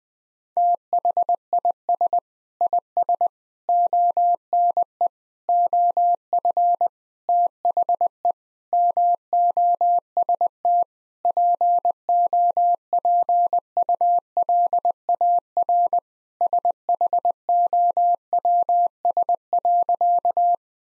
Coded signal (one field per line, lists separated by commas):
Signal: Morse code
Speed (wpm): 20 wpm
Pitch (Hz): 700 Hz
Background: none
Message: THIS IS ONE OF THE MOST POPULAR SHOWS.